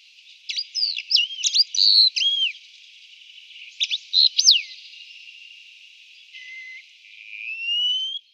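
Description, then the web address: Wallcreeper whistled phrases: two bursts of quick thin up-and-down notes, then a low note and a long slowly rising whistle near the end. "Schulze Peter Wallcreeper"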